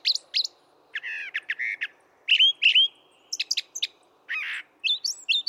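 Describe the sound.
Brown thrasher singing short varied phrases: twin sharp notes, a buzzy rattle, doubled slurred whistles and a harsh burst, each separated by short gaps.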